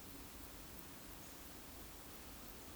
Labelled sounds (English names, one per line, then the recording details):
Eurasian Woodcock whistle
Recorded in Baden-Württemberg, Germany, on 9 May 2021 at 19:17 UTC
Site 23718, 552 m above sea level